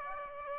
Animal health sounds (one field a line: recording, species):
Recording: mosquito wingbeat signal from an infrared sensor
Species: Aedes aegypti